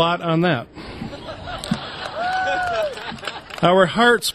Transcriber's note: laughter